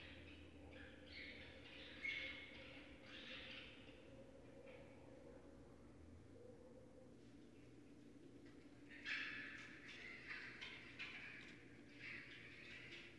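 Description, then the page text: Raccoon making rough, hissing squeals in two clusters, early and late, with quiet gaps and a steady low hum beneath. Northern Raccoon recorded remotely at night on 4 January 2012 with an unattended recorder. "Night Sounds, Pt 6 – Raccoons – Stan Courtney. Raccoon 2012 01 04"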